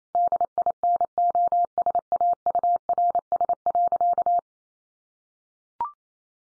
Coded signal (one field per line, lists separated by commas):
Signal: Morse code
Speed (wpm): 28 wpm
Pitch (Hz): 700 Hz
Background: none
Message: DINOSAURS.